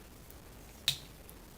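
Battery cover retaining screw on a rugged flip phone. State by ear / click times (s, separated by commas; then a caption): released / 0.9 s. A penny or screwdriver turns the captive retaining screw on the rear battery cover of a Kyocera DuraXV Extreme rugged flip phone to loosen it. Faint ticks at 0.3 s and 1.3 s surround one sharp, bright click at 0.9 s. The click marks the screw coming undone, releasing the cover.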